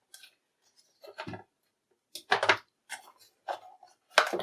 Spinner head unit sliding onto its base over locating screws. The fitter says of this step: slide it until it clicks into place.